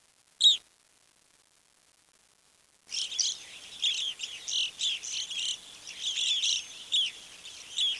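Bird calls: a single sharp chirp, a pause of silence, then a busy run of high twittering notes repeated irregularly for the last five seconds.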